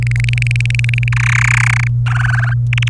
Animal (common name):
Domestic Canary